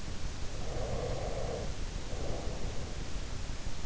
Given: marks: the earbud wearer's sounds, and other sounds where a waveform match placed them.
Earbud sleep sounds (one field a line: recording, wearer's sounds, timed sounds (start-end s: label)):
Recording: sounds in sleep by an in-ear microphone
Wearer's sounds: breath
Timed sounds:
0.42-3.12 s: breath